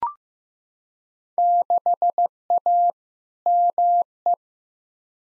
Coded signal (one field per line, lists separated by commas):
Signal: Morse code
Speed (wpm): 15 wpm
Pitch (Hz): 700 Hz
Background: none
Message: 6A ME